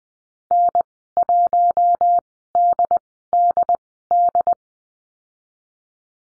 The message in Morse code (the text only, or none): N1DDD